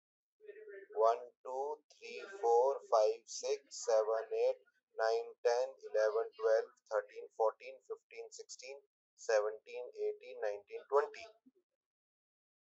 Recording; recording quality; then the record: counting at a normal pace; excellent, no background noise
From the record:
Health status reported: exposed to COVID-19, no respiratory illness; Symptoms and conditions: diabetes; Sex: male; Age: 35 years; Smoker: not ticked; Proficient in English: yes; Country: India